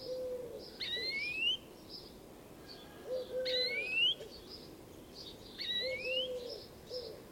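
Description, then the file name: European greenfinch calling with rising thin whistles roughly every two and a half seconds, each followed or preceded by a low flat hooting note. "Chloris chloris"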